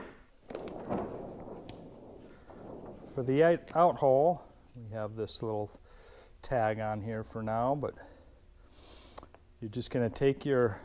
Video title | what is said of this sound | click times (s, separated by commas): RRD X-TRA Windsurf Rig - Rigging Instructions | and you should hear a little snap for | 0.6 s